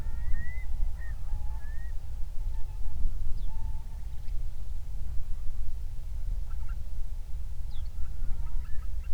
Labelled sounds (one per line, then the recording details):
songbird
waterfowl
loon
wind
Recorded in the Prudhoe Bay oil fields, Alaska, on 31 July 2019 at 08:15
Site 24